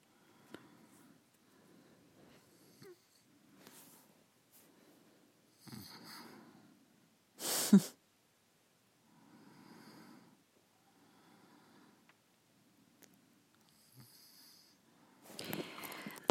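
Repeated low, rattling breath noises every second or two in an otherwise very quiet room, with one louder snort: an adult who has gone straight back to sleep keeps snoring steadily.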